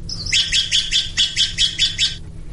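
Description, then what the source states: Steller's Jay harsh call, a quick even train of rasping pulses over a low hum. Pulse-train calls recorded by acoustic sensors at the forest site north of Santa Cruz, from different days and times, played back on a computer.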